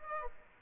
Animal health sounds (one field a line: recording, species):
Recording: mosquito wingbeat signal from an infrared sensor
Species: Aedes aegypti